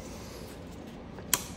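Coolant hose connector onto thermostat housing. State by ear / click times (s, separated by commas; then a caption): seated / 1.3 s. A coolant hose quick-connector is pushed by hand onto the thermostat housing of a 2015–2021 BMW 750i (G12) during a thermostat replacement. After a low steady background, it gives one sharp, bright click at 1.3 s as it snaps into place. The connector is seated.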